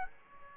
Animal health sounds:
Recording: mosquito wingbeat signal from an infrared sensor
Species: Aedes aegypti

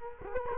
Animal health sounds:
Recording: mosquito wingbeat signal from an infrared sensor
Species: Culex quinquefasciatus

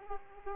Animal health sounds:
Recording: mosquito wingbeat signal from an infrared sensor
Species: Aedes aegypti

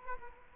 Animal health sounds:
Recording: mosquito wingbeat signal from an infrared sensor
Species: Culex quinquefasciatus

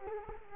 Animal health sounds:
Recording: mosquito wingbeat signal from an infrared sensor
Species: Culex quinquefasciatus

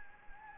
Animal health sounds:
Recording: mosquito wingbeat signal from an infrared sensor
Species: Anopheles gambiae

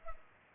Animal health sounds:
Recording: mosquito wingbeat signal from an infrared sensor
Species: Culex pipiens

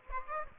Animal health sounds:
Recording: mosquito wingbeat signal from an infrared sensor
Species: Aedes aegypti

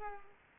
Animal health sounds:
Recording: mosquito wingbeat signal from an infrared sensor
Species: Culex pipiens

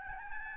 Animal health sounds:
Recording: mosquito wingbeat signal from an infrared sensor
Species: Aedes albopictus

